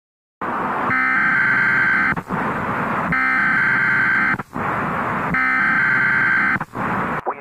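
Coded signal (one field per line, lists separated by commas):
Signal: Emergency Alert System (SAME) tones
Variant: header bursts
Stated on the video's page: Simulated what-if EAS activation scenario set during the September 11 attacks.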